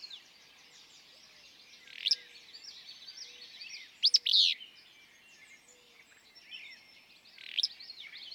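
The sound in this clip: Willow flycatcher song: three sneezy, abrupt phrases a couple of seconds apart, with other birds chirping throughout and faint low whistles in the background.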